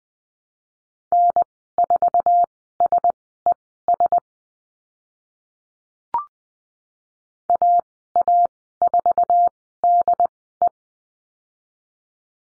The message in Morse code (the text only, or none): N4SES AA4DE